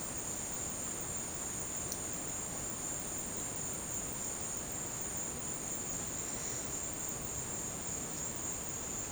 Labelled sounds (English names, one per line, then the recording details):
none
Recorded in dense forest near Puerto Asís, Putumayo, Colombia, on 23 June 2025 at 14:00
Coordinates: 0.484, -76.317
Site G045